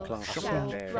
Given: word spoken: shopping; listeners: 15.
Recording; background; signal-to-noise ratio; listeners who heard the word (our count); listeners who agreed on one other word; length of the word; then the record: one English word in noise, from a listening test; four-talker babble; -2.0 dB; 0 of 15; 8 of 15; 0.60 s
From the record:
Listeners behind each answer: 8, 3, 2, 1, 1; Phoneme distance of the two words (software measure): 47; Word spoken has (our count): 2 syllables, 5 phonemes, stress on syllable 1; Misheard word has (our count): 1 syllable, 4 phonemes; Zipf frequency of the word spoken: 4.67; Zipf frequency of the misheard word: 5.01